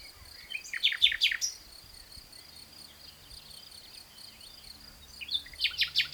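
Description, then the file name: Common nightingale song: two phrases of quick, loud notes, one early and one at the end, with a constant thin high hum in the background. "Luscinia megarhynchos"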